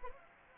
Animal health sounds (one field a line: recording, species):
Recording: mosquito wingbeat signal from an infrared sensor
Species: Anopheles arabiensis